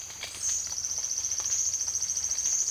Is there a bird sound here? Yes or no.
no